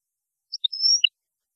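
European goldfinch notes: two short chirps followed by a long, thin, high whistled note and a final lower chip, all within about half a second.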